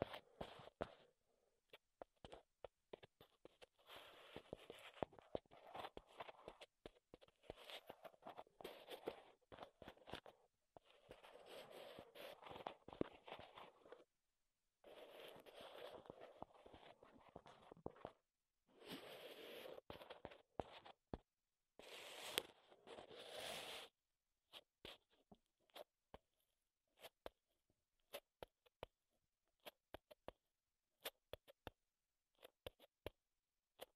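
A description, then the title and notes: Wooden triggers tapped and scraped, with dense bursts of rapid crackling clicks in stretches lasting a few seconds each, separated by brief silences. After about 24 seconds the sound thins to sparse, sharp individual taps at irregular intervals until the end. ASMR Wood Triggers in Your Ears (No Talking).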